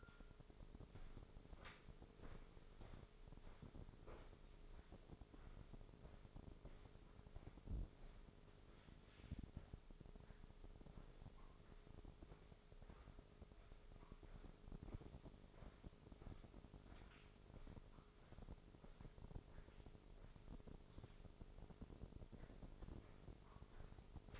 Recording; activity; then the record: daily activity, microphone in the room; walk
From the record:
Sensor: 5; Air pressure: 1005.7 hPa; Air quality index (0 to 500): 76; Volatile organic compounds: 1 ppm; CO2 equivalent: 909 ppm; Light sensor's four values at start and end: 33/75/30/28 and 33/75/30/28